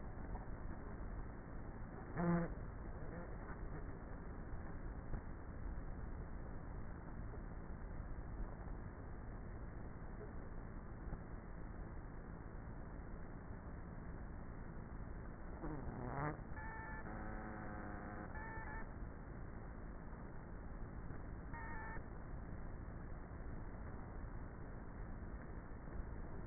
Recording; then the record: honeybee colony, microphone inside the hive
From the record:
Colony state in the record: queenless with a low population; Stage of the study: before two queens were removed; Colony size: about 30,000 bees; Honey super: no